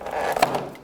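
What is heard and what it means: An old plastic grille insert is worked free of the front bumper fascia of a 2005-2010 Pontiac G6, with rubbing, scraping plastic sounds and a small tick at 0.4 s. A sharp plastic pop at 0.4 s marks the insert releasing and coming out of the fascia.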